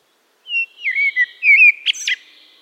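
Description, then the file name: Eurasian blackbird song: fluty warbled notes and then a short squeaky twittering ending. "Turdus merula"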